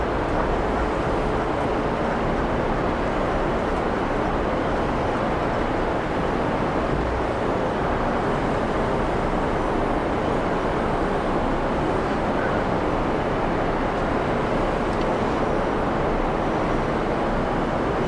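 Space shuttle ambience: a steady, dense low roar with rumbling hum that stays even and unbroken for the whole stretch, no distinct events.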